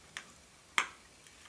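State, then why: Seated. A connector from an ARGtek 10 dBi antenna kit is fitted into the remote controller of a DJI Phantom 3 Standard drone, repeating an earlier installation step. A faint tick comes at 0.2 s, then a sharp, bright click at 0.8 s as the connector seats, followed by a very faint tick at 1.3 s.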